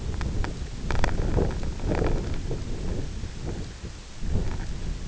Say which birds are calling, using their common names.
none